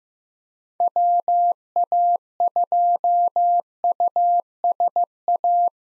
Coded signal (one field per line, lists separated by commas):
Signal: Morse code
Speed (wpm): 15 wpm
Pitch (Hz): 700 Hz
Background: none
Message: WA2USA